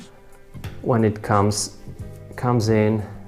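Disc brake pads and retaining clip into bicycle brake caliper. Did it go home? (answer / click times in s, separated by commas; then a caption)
no / none. Bicycle hydraulic disc brake pads with their spring clip are handled at the top of an Avid Juicy 5 / Shimano brake caliper while someone talks, with a brief soft tap at about 0.6 s. Nothing has seated or clicked into the caliper yet.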